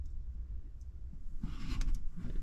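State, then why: Seated. A plastic gunner seat assembly is set onto a Lego Millennium Falcon (The Force Awakens) brick model ship and slid into place, with a soft sliding rustle starting around 1.4 s. It locks in with a sharp small click at 1.8 s, followed by a fainter tick just after. The seat is seated and locked.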